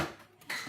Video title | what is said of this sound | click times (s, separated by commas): Kenwood MultiPro Go FDP22 130 - My Honest Review After Real Use | And then move it to the left. So I hear a click. | 0.5 s